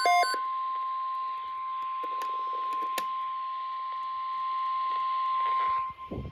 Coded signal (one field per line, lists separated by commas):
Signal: Emergency Alert System (SAME) tones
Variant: 1050 Hz attention tone